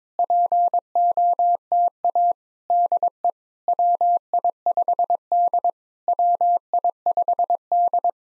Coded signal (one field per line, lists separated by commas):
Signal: Morse code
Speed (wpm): 22 wpm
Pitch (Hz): 700 Hz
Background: none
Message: POTA DE WI5D WI5D